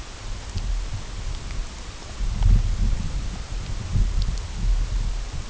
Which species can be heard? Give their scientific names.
none